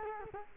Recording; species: mosquito wingbeat signal from an infrared sensor; Culex quinquefasciatus